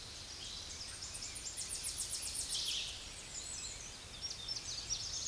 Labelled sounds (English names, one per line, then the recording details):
Tennessee Warbler song
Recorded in a Pennsylvania forest on 16 May 2024 at 07:15
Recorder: AudioMoth, point MSD-2349
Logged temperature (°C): 15.8 °C
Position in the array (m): 18 m, 43 m